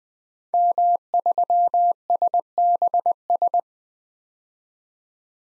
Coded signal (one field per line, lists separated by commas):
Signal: Morse code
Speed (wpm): 20 wpm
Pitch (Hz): 700 Hz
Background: none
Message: M3SBS